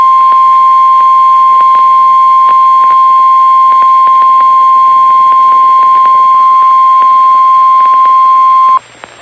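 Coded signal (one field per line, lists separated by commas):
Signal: Emergency Alert System (SAME) tones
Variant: 1050 Hz attention tone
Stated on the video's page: EAS flash flood warning tones, stations including NOAA weather radio WXK 48 Chattanooga TN.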